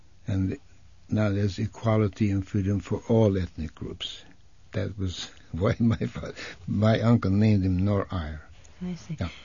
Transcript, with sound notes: and now there's equality and freedom for all ethnic groups. That was why my father, ( he laughs ) my uncle named him Norair.
I see.